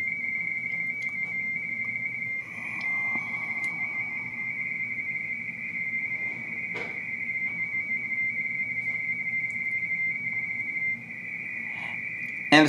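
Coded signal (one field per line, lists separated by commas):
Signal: RTTY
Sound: steady warbling two-tone chirr around 2 kHz, ending in a short broadband crackle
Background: low hum, radio static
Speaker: okay it's k9 CT canine CT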